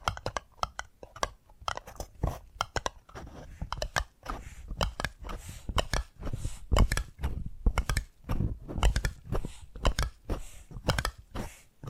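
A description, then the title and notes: Tapping triggers fill the whole twelve seconds: quick, sharp taps on hard surfaces, arriving in dense, uneven bursts with brief gaps. Some taps are crisp and bright, others duller and thuddy, and a faint crunchy, crackling texture runs between them. ASMR 10 Addictive Tapping Triggers. (No Talking).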